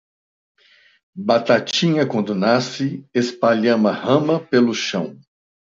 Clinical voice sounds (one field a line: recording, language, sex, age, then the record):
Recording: short text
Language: Brazilian Portuguese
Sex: male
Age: 50 to 59 years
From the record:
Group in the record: control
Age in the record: 59 years